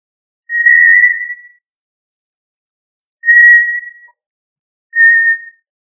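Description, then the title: Quail whistles: three steady, pure, level whistles, each about a second long or a little less, separated by short gaps. "Familia Tinamidae - Quail - Puyuh"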